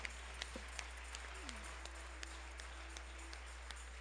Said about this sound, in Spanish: Si ese aplauso es para nuestro Señor, yo sé que podemos darle un poco más fuerte a Él. Usted puede dar un aplauso más fuerte a Él.